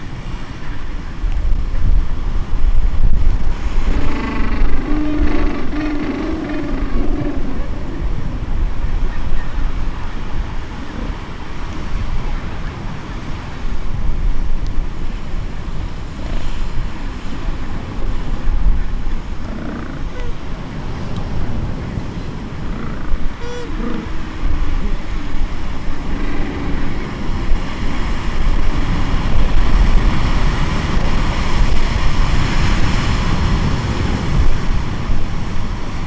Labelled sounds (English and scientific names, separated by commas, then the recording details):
Gentoo Penguin (Pygoscelis papua)
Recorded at the colony at Fort Point, Antarctica, on 25 December 2014
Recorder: Song Meter SM2+